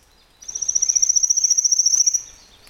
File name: warbler-pale-legged-leaf Phylloscopus-tenellipes